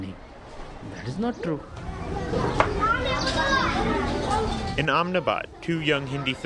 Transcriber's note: The sound of children talking and playing at a school in Ahmedabad